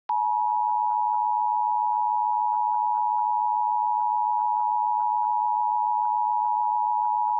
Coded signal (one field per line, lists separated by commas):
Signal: Emergency Alert System (SAME) tones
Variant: 853 and 960 Hz attention tone